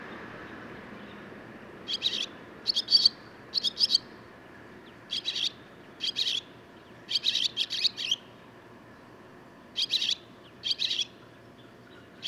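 Barn swallow song with brief scratchy chirps given singly or in short clusters, spaced irregularly, with quiet gaps and a soft background hum.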